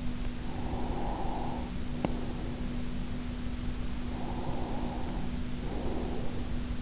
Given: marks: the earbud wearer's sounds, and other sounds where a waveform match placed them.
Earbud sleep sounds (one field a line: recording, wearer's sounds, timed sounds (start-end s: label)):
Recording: sounds in sleep by an in-ear microphone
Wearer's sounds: breath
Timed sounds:
0.29-2.72 s: breath
1.75-2.41 s: sound from someone else or the room
4.05-6.59 s: breath